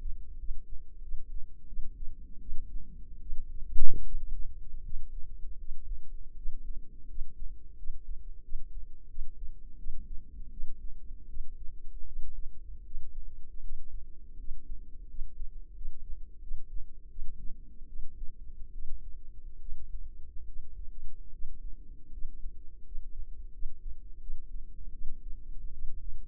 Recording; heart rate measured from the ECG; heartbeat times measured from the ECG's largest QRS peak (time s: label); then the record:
heart sounds by microphone in the left ear; 81 bpm
0.39 s: heartbeat
1.03 s: heartbeat
1.68 s: heartbeat
2.41 s: heartbeat
3.21 s: heartbeat
4.05 s: heartbeat
4.84 s: heartbeat
5.59 s: heartbeat
6.36 s: heartbeat
7.09 s: heartbeat
7.78 s: heartbeat
8.44 s: heartbeat
9.09 s: heartbeat
9.78 s: heartbeat
10.52 s: heartbeat
11.29 s: heartbeat
12.06 s: heartbeat
12.85 s: heartbeat
13.62 s: heartbeat
14.39 s: heartbeat
15.09 s: heartbeat
15.76 s: heartbeat
16.42 s: heartbeat
17.10 s: heartbeat
17.88 s: heartbeat
18.73 s: heartbeat
19.60 s: heartbeat
20.47 s: heartbeat
21.32 s: heartbeat
22.12 s: heartbeat
22.85 s: heartbeat
23.53 s: heartbeat
24.20 s: heartbeat
24.92 s: heartbeat
25.72 s: heartbeat
From the record:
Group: healthy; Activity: rest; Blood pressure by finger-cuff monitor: 128/45 mmHg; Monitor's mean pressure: 74 mmHg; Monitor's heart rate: 80 bpm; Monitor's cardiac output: 11.4 L/min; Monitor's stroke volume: 138 mL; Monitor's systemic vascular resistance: 470 dyn s/cm5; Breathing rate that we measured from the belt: 8 breaths a minute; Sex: female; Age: 32 years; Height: 168 cm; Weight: 61.9 kg